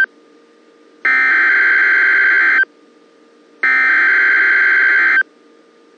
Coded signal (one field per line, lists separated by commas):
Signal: Emergency Alert System (SAME) tones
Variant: header bursts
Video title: Clearwater MN NOAA Weather Radio Severe Thunderstorm & Tornado Warning EAS WNG676 7 44 PM 5 12 2022